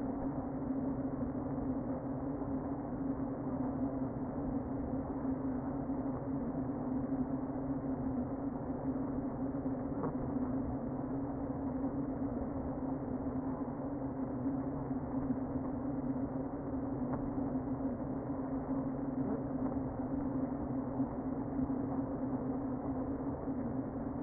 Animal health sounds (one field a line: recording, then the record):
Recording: honeybee colony, microphone inside the hive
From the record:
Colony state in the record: queen present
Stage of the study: before two queens were removed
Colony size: about 60,000 bees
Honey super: yes